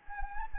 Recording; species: mosquito wingbeat signal from an infrared sensor; Anopheles arabiensis